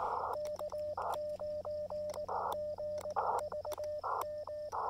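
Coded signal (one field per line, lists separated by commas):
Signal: Morse code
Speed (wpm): 18 wpm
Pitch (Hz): 600 Hz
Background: radio noise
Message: K9GVM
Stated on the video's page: Morse from a summit activation using an Elecraft KX2 transceiver with a CHA MPAS Lite antenna.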